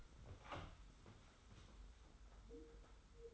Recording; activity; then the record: daily activity, microphone in the room; open door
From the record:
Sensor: 3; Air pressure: 991.6 hPa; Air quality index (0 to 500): 143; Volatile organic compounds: 349 ppm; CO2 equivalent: 4581 ppm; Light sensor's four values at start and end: 41/116/47/41 and 41/115/47/41